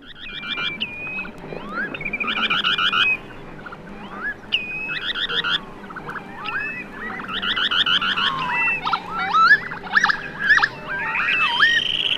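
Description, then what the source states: Dunlin display trill, bursts of buzzy trilled notes in repeated phrases, mixed with slurred whistled calls of other shorebirds. Display trill given in display flight; recorded on the Baltic coast, Germany; lapwing and redshank calling alongside.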